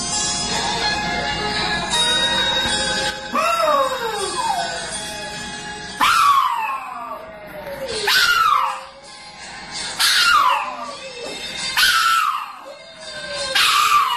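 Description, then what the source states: Dog howling along to music, long wavering notes that slide downward, repeated about every two seconds over a loud song with singing. Pet dogs howling along to a particular recorded song played to them; Mikey responds only to this song, and Chopper has since joined in.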